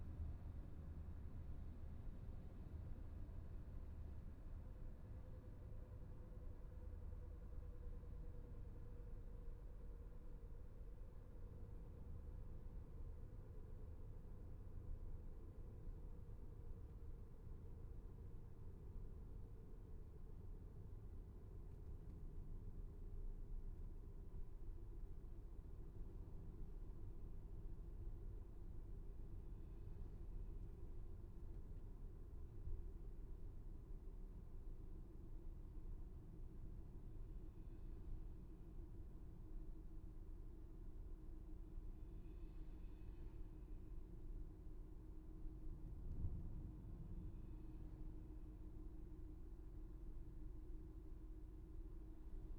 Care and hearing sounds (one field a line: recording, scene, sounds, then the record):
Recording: everyday scene through a hearing-aid microphone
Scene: in a vehicle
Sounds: engine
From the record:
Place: VW T5 Caravelle, diesel engine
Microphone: behind the ear, left, front